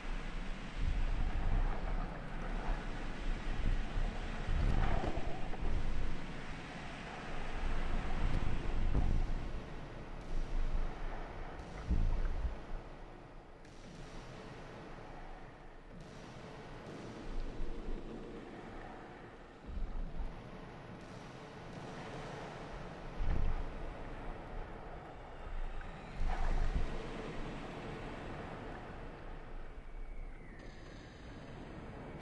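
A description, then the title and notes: A beach under attack: a constant roar of wind and surf runs throughout, broken by heavy booming blasts every few seconds and a few sharp cracks. The din thins after about twelve seconds, and a thin high whine appears near the end. The beach, bombs, parachutes, gunfire and a song.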